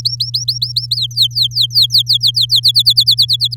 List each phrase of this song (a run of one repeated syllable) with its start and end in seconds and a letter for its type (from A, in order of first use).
0.00-0.96 A, 0.96-2.46 B, 2.49-3.55 C